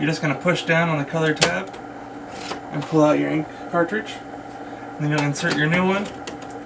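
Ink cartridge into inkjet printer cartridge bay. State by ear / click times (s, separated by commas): not seated / none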